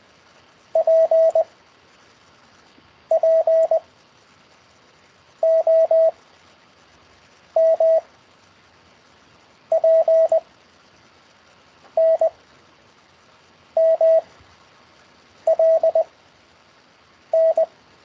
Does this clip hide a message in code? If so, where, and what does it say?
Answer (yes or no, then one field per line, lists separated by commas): yes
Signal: Morse code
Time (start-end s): 0.8-17.6 s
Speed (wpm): 20 wpm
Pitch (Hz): 650 Hz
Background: radio noise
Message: P P O M P N M L N